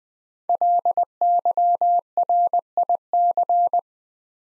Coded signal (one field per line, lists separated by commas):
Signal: Morse code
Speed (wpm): 20 wpm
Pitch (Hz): 700 Hz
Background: none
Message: LYRIC